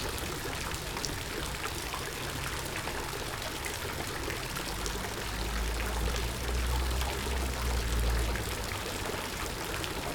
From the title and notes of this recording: Alle Klänge sind von Peter Cusack in Linz 2012 aufgenommen worden. All sounds by Peter Cusack - field recordings recorded in Linz in 2012.